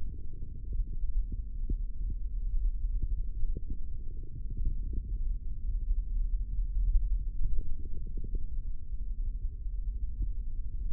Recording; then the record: forearm muscle sounds (acoustic myography)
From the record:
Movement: hand opening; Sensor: system 3, bracelet of six PUI Audio POM-2738L microphones around the upper forearm, with dedicated amplification and filtering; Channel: 2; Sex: male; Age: 25 years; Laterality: right